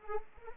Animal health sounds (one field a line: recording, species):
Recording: mosquito wingbeat signal from an infrared sensor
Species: Anopheles arabiensis